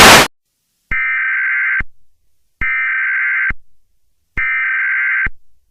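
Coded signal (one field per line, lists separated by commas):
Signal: Emergency Alert System (SAME) tones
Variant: header bursts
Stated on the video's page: Mock EAS scenario for swine flu, with valid EAS tones.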